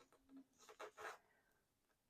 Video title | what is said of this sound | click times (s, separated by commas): The Future of Halo Mega | Like so. Pops right in. | 0.8 s